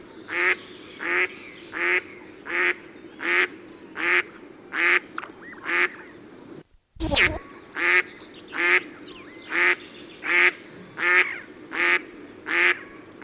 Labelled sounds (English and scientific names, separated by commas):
Mallard (Anas platyrhynchos) call